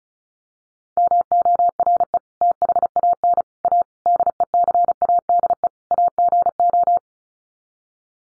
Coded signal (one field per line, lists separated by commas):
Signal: Morse code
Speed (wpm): 34 wpm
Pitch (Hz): 700 Hz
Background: none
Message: MORE THAN A DECADE AGO